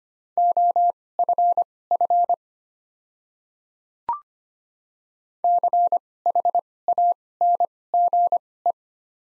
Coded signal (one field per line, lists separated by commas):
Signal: Morse code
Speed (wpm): 25 wpm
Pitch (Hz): 700 Hz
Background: none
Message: OFF CHANGE